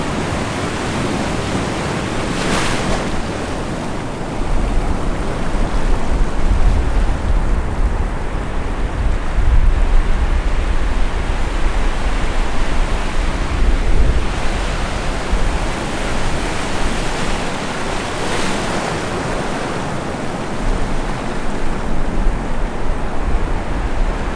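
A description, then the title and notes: Ocean waves roll in a steady, dense wash of surf with a deep rumble underneath. Loudness swells gently as waves break, with brighter hissing crests near 3 and 18 seconds. The sound is continuous, with no other sounds standing out. Long Ocean Waves.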